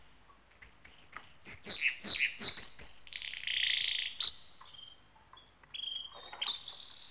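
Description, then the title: Small birds twittering in quick bursts of sharp downward-sweeping chirps, followed by a short buzzy trill and a few scattered thin whistled notes. "NHK Sound Effects Collection - 2-Waves, Rivers, Birds"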